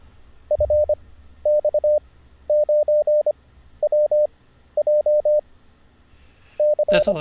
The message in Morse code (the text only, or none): FX9WJC